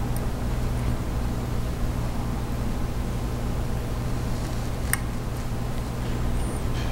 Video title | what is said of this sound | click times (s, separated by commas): Dolly Llama Streamer Fly | pull that nice and tight there we go pops into place | 4.9 s